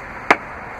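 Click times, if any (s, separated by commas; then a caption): 0.3 s. A minivan's floor storage compartment lid latch is unlocked so the second-row seat can be raised. One sharp, loud snap sounds at 0.3 s against a steady low background hum. The latch releases.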